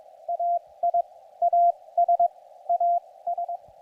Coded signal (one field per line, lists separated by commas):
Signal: Morse code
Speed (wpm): 20 wpm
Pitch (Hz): 690 Hz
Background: radio noise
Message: AI AS AS